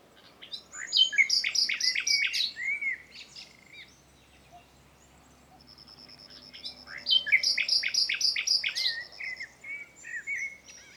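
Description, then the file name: Common nightingale singing two phrases several seconds apart, each a rapid run of sharp repeated notes ending in a slurred whistle. "Luscinia megarhynchos"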